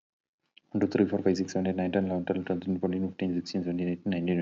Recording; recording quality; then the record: counting at a fast pace; excellent, no background noise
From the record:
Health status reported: healthy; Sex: male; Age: 29 years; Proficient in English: yes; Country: India